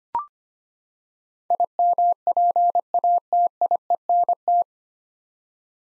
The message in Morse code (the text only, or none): IMPATIENT